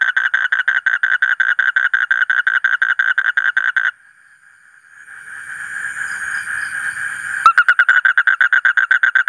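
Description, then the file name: Asian common toad trilling in fast regular pulses, pausing for a sustained hum, then breaking back into the rapid pulsed call. "suara kodok bangkong kolong kodok buduk"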